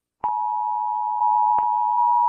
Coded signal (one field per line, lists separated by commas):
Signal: Emergency Alert System (SAME) tones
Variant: 853 and 960 Hz attention tone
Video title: all the Oceania eas alarms